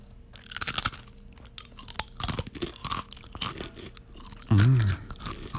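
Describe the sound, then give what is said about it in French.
Loud, crisp crunching from someone biting and chewing a crispy dried apple snack, with irregular bursts of crackling bites, followed by a short hummed voice near the end. “C'est très, très croustillant.”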